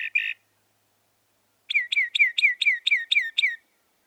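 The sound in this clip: Northern mockingbird song: two short buzzy notes, a brief pause, then a rapid chattering series of eight identical falling chirps.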